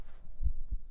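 Two soft, deep thumps about a third of a second apart form a single lub-dub pair against a quiet low hum. It is an adult's ordinary heartbeat heard up close, offered as a calming, relaxing sound.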